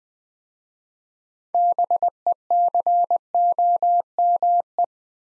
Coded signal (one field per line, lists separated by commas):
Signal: Morse code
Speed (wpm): 20 wpm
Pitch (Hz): 700 Hz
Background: none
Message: BECOME